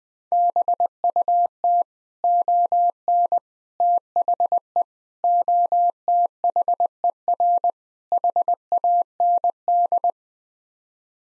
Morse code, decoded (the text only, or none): BUT ON THE OTHER HAND